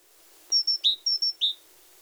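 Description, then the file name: Great tit song: two clear high whistled notes followed by a lower slurred note, the three-note phrase given twice in quick succession against a quiet background. "Parus major"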